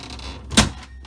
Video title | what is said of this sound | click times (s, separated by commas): Samsung Fridge Deep Clean I French Door Refrigerator I Under Glass | And as I do, I hear a click, and that's these hinges underneath fitting into place. | 0.6 s